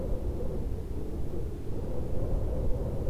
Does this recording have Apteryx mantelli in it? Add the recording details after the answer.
no. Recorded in New Zealand on 2 February 2014. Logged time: 22:59. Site CA73